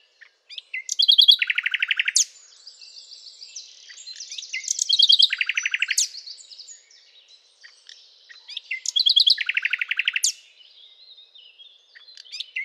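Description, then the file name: Common nightingale singing three loud phrases, each opening with fast rattling trills and ending in a sharp upswept note, linked by softer warbled notes. "Luscinia megarhynchos"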